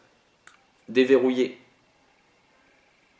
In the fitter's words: je le faire vous avez entendu le petit clic la la lame est désengagé du manche mais